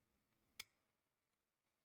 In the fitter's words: Now you heard that one click into place.